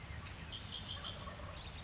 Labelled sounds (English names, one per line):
Red-winged Blackbird